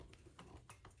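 A self-locking, lockable Harley Davidson fuel cap is handled on a motorcycle fuel tank filler neck, with five short, sharp handling taps at about 0.1, 0.4, 0.7, 0.9 and 1.0 seconds over a low background rumble. The cap has not locked yet; nothing has seated or clicked.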